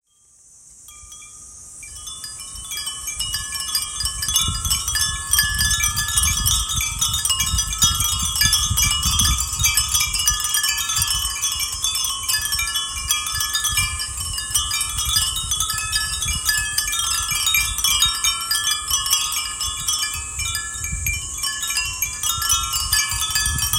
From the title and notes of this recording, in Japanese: 風鈴の音。近所の神社にて。夏 #風鈴。